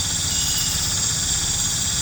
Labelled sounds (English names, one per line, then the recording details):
none
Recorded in pastures near Puerto Asís, Putumayo, Colombia, on 26 December 2024 at 19:30
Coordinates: 0.466, -76.322
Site G040